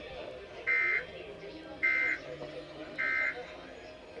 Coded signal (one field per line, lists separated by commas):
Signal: Emergency Alert System (SAME) tones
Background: speech